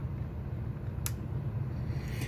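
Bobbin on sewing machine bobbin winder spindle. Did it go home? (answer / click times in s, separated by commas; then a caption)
yes / 1.1 s. A bobbin on a sewing machine's bobbin winder spindle is turned by hand until it clicks into its seated position, with a sharp, short click at 1.1 s over a steady low hum. A fainter high-pitched rustle follows near the end, and the bobbin is seated properly.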